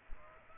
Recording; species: mosquito wingbeat signal from an infrared sensor; Aedes aegypti